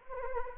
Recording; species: mosquito wingbeat signal from an infrared sensor; Anopheles arabiensis